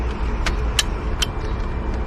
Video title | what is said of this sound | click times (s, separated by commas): Volkswagen Golf (Mk5) cruise control retrofit | it it clicked into place | 0.8 s